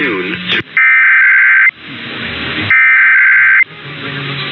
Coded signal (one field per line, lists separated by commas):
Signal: Emergency Alert System (SAME) tones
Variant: header bursts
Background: speech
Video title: EAS #3-14 - Los Angeles Monthly Test (12/26/23)